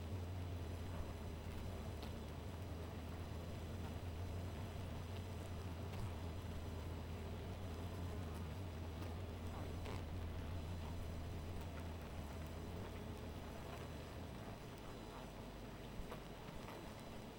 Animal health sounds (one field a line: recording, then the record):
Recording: honeybee colony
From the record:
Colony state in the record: missing queen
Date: 14 July 2017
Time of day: 1:34